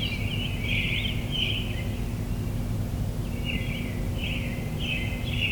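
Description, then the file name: Short bursts of bird twittering, a quiet gap in the middle, then more chirps, over steady low hum. Recorded in the morning. "admiralbob 77-bird sounds in the morning"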